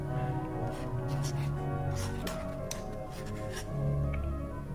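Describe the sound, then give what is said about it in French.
A quill pen with ink scratches across stamped paper in short, irregular strokes as someone signs a document, the faint hissing scrapes riding over a steady, low, humming musical drone. “Voici du papier, au timbre de la commune, et voici une plume et de l'encre. Signe.”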